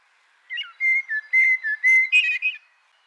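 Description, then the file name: Common blackbird song phrase of clear, flute-like whistles held at a steady pitch, ending in a quick higher, twittering flourish. "Turdus merula"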